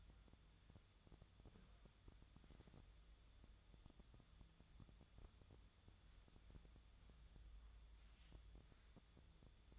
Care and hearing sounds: daily activity, microphone in the room; wipe stove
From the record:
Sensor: 3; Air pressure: 1004.8 hPa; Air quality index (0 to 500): 74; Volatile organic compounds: 2 ppm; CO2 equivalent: 1116 ppm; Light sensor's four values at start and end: 8/19/8/7 and 8/19/8/7

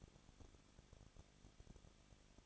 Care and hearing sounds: daily activity, microphone in the room; no activity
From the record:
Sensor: 4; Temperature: 23.0 degrees Celsius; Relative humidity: 34.4%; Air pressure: 1007.2 hPa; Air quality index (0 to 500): 216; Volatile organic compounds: 15 ppm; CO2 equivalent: 2502 ppm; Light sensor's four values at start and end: 2/3/1/1 and 2/3/1/1

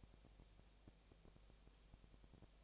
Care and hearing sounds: daily activity, microphone in the room; no activity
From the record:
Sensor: 1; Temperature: 19.8 degrees Celsius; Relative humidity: 37.9%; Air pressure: 998.8 hPa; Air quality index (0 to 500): 233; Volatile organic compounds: 134 ppm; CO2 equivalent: 3949 ppm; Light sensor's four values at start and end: 1/2/1/1 and 1/2/1/1

